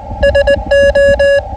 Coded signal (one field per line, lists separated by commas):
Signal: Morse code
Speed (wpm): 19 wpm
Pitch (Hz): 560 Hz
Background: none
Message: SO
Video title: My most unusual HF antenna I ever had!